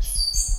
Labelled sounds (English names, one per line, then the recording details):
Stitchbird song
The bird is a male
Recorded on Tiritiri Matangi Island, New Zealand, in 2005
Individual 16, of nest box 24